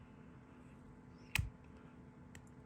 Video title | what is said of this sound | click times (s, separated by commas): ANTIQUE SWAN SELF FILLER SF1 FOUNTAIN PEN | and then that just locks into place like that | 1.4 s